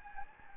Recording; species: mosquito wingbeat signal from an infrared sensor; Anopheles gambiae